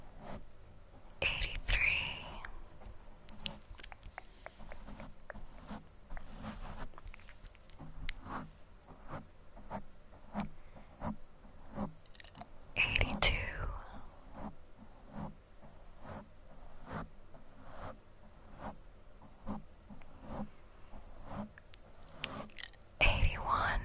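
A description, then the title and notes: Crisp mic brushing: a steady run of soft clicks and crackles ticking along at a fairly even pace. Louder, scratchier swishes stand out near the start, around the middle, and again at the very end, over a faint low hum. ASMR Mic Brushing & Countdown.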